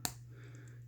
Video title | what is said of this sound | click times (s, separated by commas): Lego Soviet IS 2M Tank by Quan Guan | these two clips at either end so it just kind of snaps into place just like that just | 0.1 s